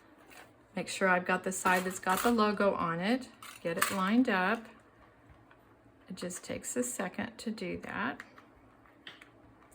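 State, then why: Seated. Someone talks while lining up a metal cutting die on the logo side of a plastic embossing folder, with light clinking and handling sounds throughout. The die is pressed home and clicks into place at 9.1 s, seated in the folder.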